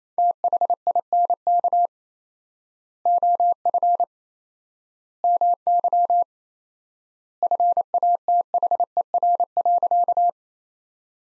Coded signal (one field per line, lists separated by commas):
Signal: Morse code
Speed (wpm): 27 wpm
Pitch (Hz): 700 Hz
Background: none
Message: THINK OF MY FATHER.